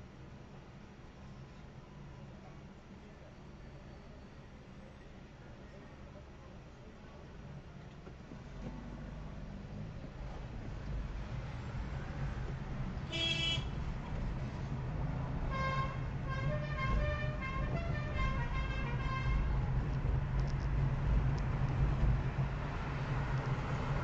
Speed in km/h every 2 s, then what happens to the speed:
0, 0, 0, 0, 0, 3, 13, 17, 19, 23, 28, 30.
0-9 standing. 9-21 pulls away to 30.